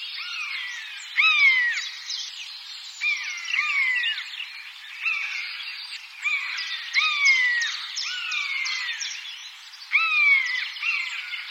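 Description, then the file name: Common buzzard mewing, with falling whistled cries repeated and overlapping in quick succession against a thick wash of chattering background noise. "Buse variable"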